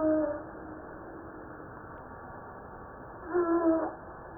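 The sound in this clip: Humpback whale song: short, pure, whistle-like tonal notes at the start, then a quiet gap and another brief cluster of clear notes.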